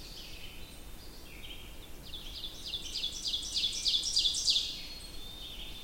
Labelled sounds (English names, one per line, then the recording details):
Ovenbird song
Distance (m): 25 m
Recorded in boreal forest in Alberta, Canada, on 20 June 2016 at 08:26
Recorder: SongMeter 3, array SBT-6-81
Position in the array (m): 144 m, 206 m
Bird 25